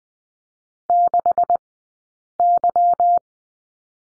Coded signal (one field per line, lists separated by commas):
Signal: Morse code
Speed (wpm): 20 wpm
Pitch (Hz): 700 Hz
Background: none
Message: 6Y